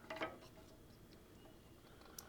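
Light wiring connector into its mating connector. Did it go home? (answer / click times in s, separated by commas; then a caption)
no / none. A plastic connector on a motorcycle's light wiring is handled and lined up with its mating connector, with a burst of plastic rustling at the start, a faint tick near 1.1 s and a short sharp tick near 2.2 s over a quiet background. Nothing has seated or clicked yet; the clip ends before the connector goes home.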